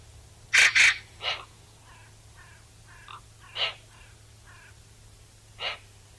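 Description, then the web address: Eurasian magpie uttering two loud rasping calls close together, followed by several shorter harsh notes spaced a second or two apart. "SETE data Pica pica"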